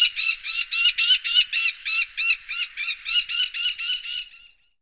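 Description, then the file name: Common kestrel uttering a steady series of drawn-out, slightly nasal whining notes, about four per second, fading toward the end before silence. "Postolka obecna Falco tinninculus"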